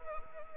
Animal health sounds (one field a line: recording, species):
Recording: mosquito wingbeat signal from an infrared sensor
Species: Anopheles arabiensis